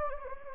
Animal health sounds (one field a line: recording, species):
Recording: mosquito wingbeat signal from an infrared sensor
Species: Anopheles gambiae